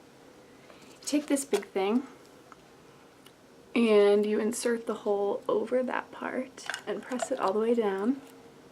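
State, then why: Not seated. A Medtronic Enlite CGM glucose sensor is handled with its hole placed over the part of its insertion device, ready to be pressed all the way down. Someone talks while faint handling taps are heard near 0.7, 2.5 and 3.3 seconds. Nothing has seated or clicked yet by the end of the clip.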